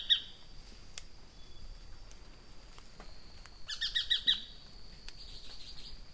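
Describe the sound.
Tacarcuna tapaculo giving a lone note at the start, then a short run of four clipped, ringing notes, over a constant high-pitched tone.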